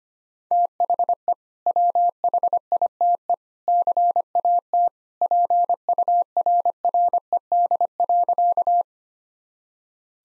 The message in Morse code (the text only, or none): THE WHITE CAT PURRED.